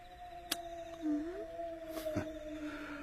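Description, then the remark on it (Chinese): A person howls like a wolf, holding a long, steady mid-pitched note that bends upward briefly partway through, with a few sharp knocks breaking in over the drawn-out tone. “什么也没说，就是嚎两嗓子过过瘾。”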